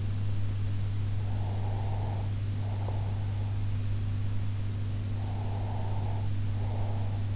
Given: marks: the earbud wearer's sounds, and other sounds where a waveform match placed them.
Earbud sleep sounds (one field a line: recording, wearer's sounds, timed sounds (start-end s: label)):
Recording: sounds in sleep by an in-ear microphone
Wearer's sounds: breath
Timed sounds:
1.19-3.57 s: breath
5.13-7.36 s: breath